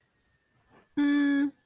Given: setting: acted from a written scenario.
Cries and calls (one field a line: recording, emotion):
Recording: vocal sound without words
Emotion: desire